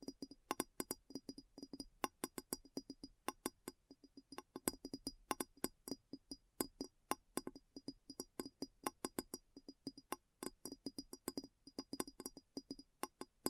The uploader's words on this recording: ASMR Addictive Tapping. (No Talking).